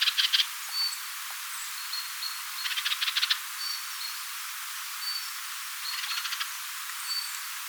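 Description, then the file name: Krüper's nuthatch calls: three short, harsh, rattling bursts, with faint thin high notes between them over a steady hiss. "krupers notvacka"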